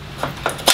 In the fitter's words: it a little twist and pops into place and